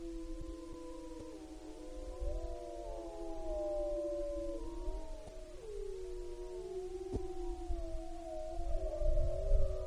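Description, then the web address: Mammal howling: several long, smooth tonal howls overlap in a chorus, some steady, others rising and falling, with low rumbling background noise throughout. Recorded in Wrangell-St. Elias, Alaska, on 11 February 2017 at about 00:22. "alaska acoustic highlights MAMMALS"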